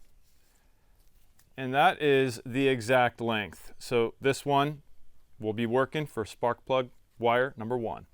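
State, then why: Not seated. Someone talks while handling a spark plug wire chosen as the exact length for spark plug wire number one during a tune-up on a 1995 truck. The boot is meant to push onto its spark plug or distributor cap terminal, but nothing has seated or clicked yet.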